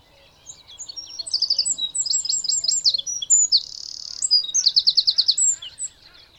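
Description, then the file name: Eurasian wren delivers a fast, tumbling song of high chips, trills and a buzzy middle section. "Troglodytes troglodytes"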